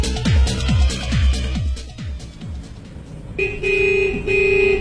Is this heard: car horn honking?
yes